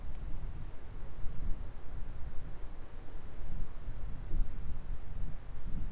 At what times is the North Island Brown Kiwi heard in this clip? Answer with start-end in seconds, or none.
none